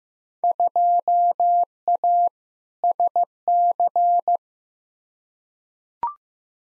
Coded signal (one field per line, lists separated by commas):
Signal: Morse code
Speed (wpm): 15 wpm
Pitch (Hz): 700 Hz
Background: none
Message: 2A SC